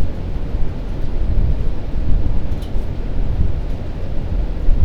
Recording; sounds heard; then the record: poultry house recording; no chicken sound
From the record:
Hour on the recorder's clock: 21